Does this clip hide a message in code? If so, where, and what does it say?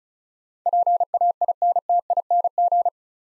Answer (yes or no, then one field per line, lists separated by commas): yes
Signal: Morse code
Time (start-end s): 0.7-2.9 s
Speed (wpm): 36 wpm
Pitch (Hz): 700 Hz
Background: none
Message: PAINTING